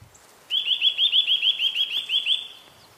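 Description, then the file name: Eurasian nuthatch giving one rapid trill of many clear, even piping notes over about two seconds. "Sitta europaea"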